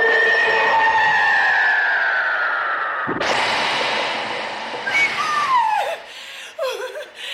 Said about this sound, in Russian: В кухню с диким воем спускается ведьма.